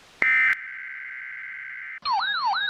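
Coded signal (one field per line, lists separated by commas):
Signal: Emergency Alert System (SAME) tones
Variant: header bursts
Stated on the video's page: Fictional EAS scenario.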